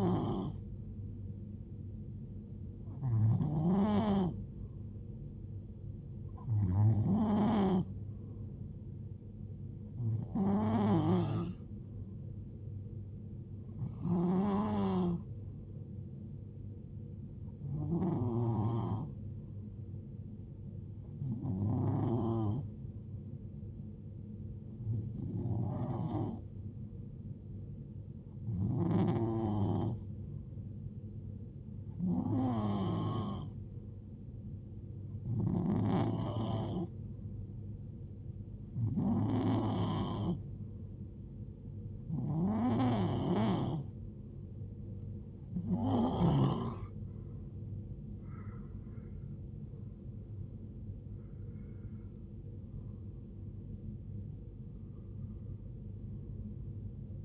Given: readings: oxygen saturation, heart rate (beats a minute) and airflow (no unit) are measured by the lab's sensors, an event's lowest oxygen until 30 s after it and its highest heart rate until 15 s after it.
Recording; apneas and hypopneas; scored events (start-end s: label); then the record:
breathing in sleep by a smartphone at the bedside; 1
15.00-50.90 s: hypopnea (N2, oxygen 92% highest, then 90% lowest, heart rate 74 at the start, 81 highest)
From the record:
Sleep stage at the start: N2 (light sleep); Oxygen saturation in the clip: 90 to 92%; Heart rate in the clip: 68 to 79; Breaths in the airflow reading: 17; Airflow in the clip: -4.3 to 4.6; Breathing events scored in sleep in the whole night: 389 in 6.3 hours asleep